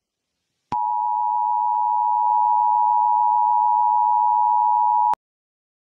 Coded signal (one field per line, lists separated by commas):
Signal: Emergency Alert System (SAME) tones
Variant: 853 and 960 Hz attention tone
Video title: Twisted: a random EAS Scenarios